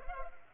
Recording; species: mosquito wingbeat signal from an infrared sensor; Culex pipiens